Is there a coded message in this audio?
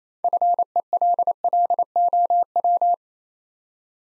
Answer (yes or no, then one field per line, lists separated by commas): yes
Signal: Morse code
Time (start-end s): 0.2-2.9 s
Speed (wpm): 29 wpm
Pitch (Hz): 700 Hz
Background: none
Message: FELLOW